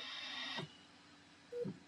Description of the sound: This is the sound of a ventilator. For Dr. Rafael Campo, it's been the soundtrack of the pandemic. The ventilators rise and fall.